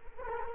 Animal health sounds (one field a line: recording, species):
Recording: mosquito wingbeat signal from an infrared sensor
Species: Culex quinquefasciatus